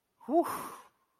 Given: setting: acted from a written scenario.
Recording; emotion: vocal sound without words; ecstasy